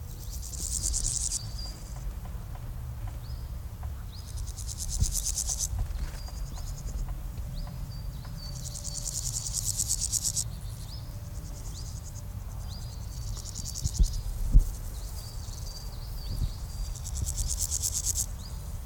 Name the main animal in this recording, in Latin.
Chrysochraon dispar